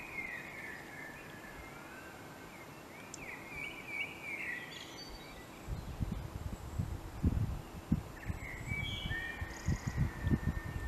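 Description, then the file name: Common blackbird song, fluty warbled phrases with high twitters, followed later by a drawn note, while low rumbling thumps build up. "Turdus merula"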